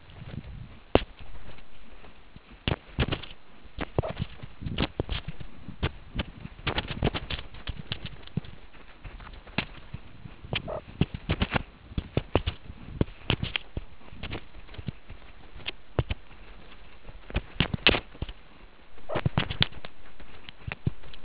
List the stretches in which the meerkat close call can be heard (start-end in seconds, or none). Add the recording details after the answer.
4.03-4.12, 10.68-10.79, 19.09-19.20. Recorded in the Kuruman River Reserve, South Africa. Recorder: an audio tag on a meerkat's collar